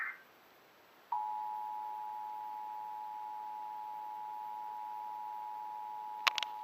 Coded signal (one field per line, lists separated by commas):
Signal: Emergency Alert System (SAME) tones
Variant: 853 and 960 Hz attention tone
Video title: EAS Alert #59 - Tornado Warning 6/29/14